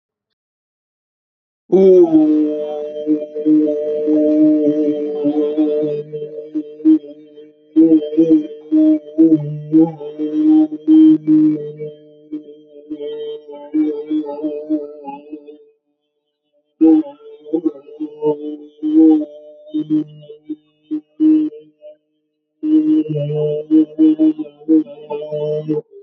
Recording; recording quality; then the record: sustained vowel as in boot; excellent, no background noise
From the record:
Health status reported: healthy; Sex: male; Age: 26 years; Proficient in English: yes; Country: India